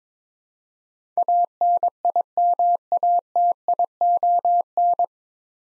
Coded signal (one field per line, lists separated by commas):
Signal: Morse code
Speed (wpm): 21 wpm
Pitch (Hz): 700 Hz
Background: none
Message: ANIMATION